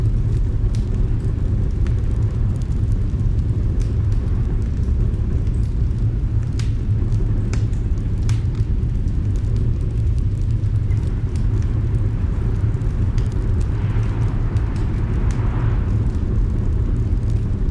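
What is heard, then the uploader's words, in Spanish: A roaring fireplace fills the recording with a dense, steady low rumble that never lets up. Sharp crackles and pops cut through it at irregular moments, clustered around the middle, and a soft hissing flare rises briefly near the end. Grabado desde una cabaña acogedora adornada con una gran alfombra de lana y el fuego más grande y rugiente que jamás hayas escuchado. Un Ambiente de Chimenea Rugiente.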